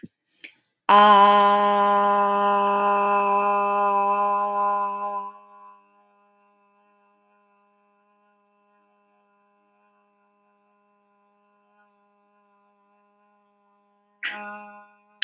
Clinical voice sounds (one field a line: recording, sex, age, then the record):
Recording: vowel held as long as possible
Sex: female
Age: 20 to 29 years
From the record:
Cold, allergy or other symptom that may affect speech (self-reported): no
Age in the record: 25 years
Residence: New York, United States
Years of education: 18